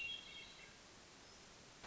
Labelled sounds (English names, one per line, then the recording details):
Hermit Thrush
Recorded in Sonoma County, California